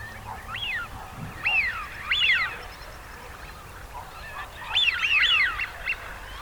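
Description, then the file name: Eurasian wigeon giving clear two-part whistles that rise and drop, in short clusters separated by quiet gaps, with a few overlapping calls near the end. Male. "sviyaz golos samca"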